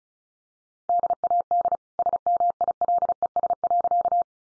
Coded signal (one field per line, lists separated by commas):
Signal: Morse code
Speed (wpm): 34 wpm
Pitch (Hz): 700 Hz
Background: none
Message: DAD SMILES.